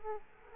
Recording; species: mosquito wingbeat signal from an infrared sensor; Culex quinquefasciatus